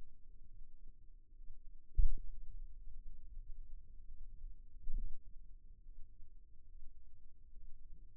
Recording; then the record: forearm muscle sounds (acoustic myography)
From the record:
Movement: finger pinch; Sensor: system 2, bracelet of six BSWA MPA416 microphones around the upper forearm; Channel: 1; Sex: male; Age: 22 years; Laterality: right